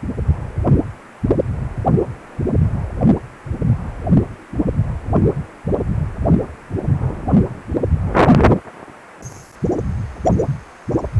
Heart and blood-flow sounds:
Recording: Doppler ultrasound of blood flow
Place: precordium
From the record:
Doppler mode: continuous wave and pulsed wave in the uncut recording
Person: healthy adult, 18 to 50 years, no heart murmur, not diving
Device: 2.5 MHz transducer

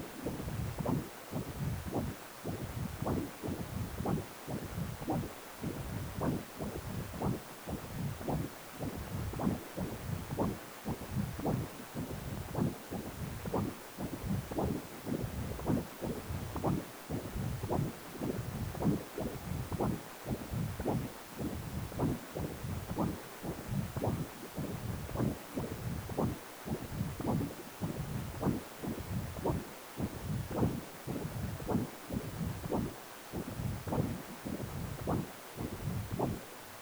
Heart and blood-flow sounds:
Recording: Doppler ultrasound of blood flow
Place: precordium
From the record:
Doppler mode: continuous wave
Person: healthy adult, 18 to 50 years, no heart murmur, not diving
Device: 2.5 MHz transducer

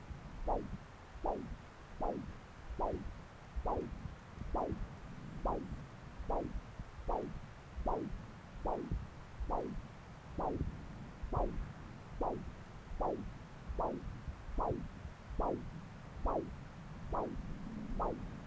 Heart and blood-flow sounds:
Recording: Doppler ultrasound of blood flow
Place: left subclavian vein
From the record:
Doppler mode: continuous wave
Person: adult scuba diver, at rest before a dive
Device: O'Dive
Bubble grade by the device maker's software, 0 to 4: 0

